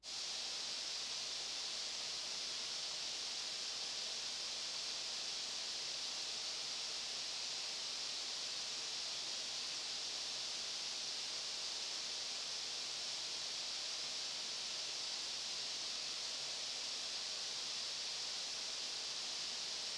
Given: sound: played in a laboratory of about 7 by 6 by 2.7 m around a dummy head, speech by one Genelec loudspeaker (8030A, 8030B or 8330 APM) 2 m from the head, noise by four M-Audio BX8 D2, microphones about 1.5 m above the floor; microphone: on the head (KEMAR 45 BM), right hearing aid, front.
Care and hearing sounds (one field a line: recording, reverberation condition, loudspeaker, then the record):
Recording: white noise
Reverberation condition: high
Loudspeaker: four, about 170 cm from the corners of the room and facing them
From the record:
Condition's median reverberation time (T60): about 1300 ms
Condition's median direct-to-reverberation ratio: about -4.0 dB